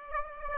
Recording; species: mosquito wingbeat signal from an infrared sensor; Aedes aegypti